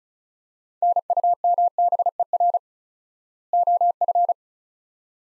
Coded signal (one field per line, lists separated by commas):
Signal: Morse code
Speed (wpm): 36 wpm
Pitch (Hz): 700 Hz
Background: none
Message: NUMBER OF